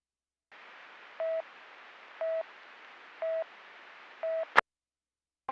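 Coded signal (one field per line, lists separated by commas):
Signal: none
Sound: police radio channel beeps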